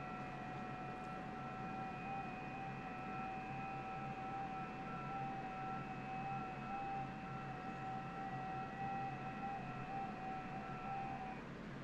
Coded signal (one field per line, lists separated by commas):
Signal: FT8